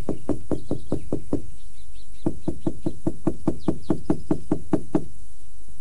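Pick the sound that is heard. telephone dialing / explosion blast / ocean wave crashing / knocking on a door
knocking on a door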